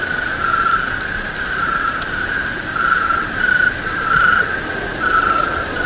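Cricket song of repeated ringing bursts at a steady pitch, some louder than others, with faint clicks in the background.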